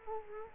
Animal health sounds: mosquito wingbeat signal from an infrared sensor; Culex quinquefasciatus

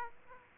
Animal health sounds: mosquito wingbeat signal from an infrared sensor; Aedes aegypti

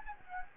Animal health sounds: mosquito wingbeat signal from an infrared sensor; Anopheles gambiae

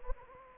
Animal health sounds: mosquito wingbeat signal from an infrared sensor; Anopheles gambiae

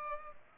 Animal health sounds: mosquito wingbeat signal from an infrared sensor; Culex pipiens

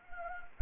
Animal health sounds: mosquito wingbeat signal from an infrared sensor; Anopheles gambiae

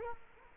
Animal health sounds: mosquito wingbeat signal from an infrared sensor; Culex quinquefasciatus

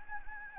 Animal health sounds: mosquito wingbeat signal from an infrared sensor; Anopheles gambiae

